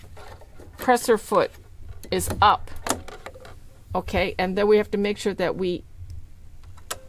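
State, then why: Seated. Someone talks while threading the chain stitch path on an overlock/coverstitch serger with the presser foot up, pulling the thread into the tension disc. A sharp click at 6.9 s marks the thread seating in the tension disc.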